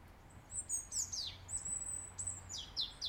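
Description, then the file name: European robin singing thin, very high whistles and quick sweeps sliding downward, delivered in rapid succession over a low rumbling background. "Erithacus rubecula"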